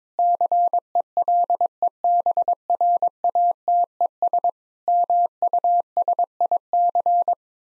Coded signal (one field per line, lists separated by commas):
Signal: Morse code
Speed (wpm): 22 wpm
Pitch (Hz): 700 Hz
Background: none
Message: CELEBRATES MUSIC